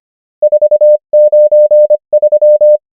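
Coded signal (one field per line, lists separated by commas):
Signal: Morse code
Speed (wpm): 25 wpm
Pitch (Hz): 600 Hz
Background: none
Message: 493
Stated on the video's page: Morse code practice of numbers at 25 wpm character speed and 23 wpm effective (Farnsworth) speed.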